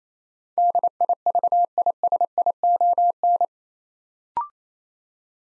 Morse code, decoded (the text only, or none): DIVISION